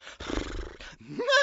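Horse neigh: a rough, breathy burst, then a tonal rising whinny that climbs steeply and wavers at the end.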